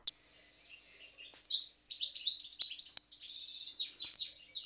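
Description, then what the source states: European goldfinch singing, a bright, rapid tinkling twitter of high liquid notes and buzzy trills, starting after a short quiet pause and running on continuously. Played in a Radio Terre station ident.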